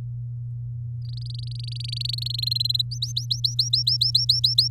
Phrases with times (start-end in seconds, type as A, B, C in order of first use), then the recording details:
1.05-2.36 A, 2.38-2.82 B, 2.91-4.68 C. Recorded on 7 May 2018 at 16:57. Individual llb16